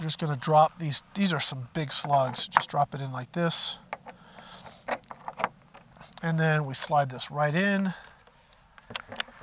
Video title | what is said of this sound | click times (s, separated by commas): Umarex Hammer .50 Caliber Airgun w/ Hunter Supply 420gr Slugs - Big Bore Airgun! | and as you hear it click click now you're actually ratcheting it into position | 9.0 s, 9.2 s